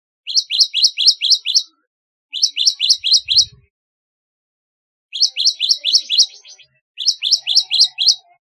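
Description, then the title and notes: Java sparrow song: bursts of quick, bright chipping notes in rapid series, each burst about one and a half seconds long with short pauses between, a faint low thump midway. "Kicau Burung Gelatik"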